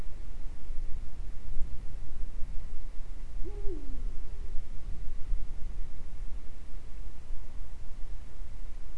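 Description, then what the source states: Eurasian eagle-owl delivering a single deep hoot midway, swooping up then down, amid persistent low-pitched background noise. Recorded in Øygarden, Vestland, Norway, in 2020.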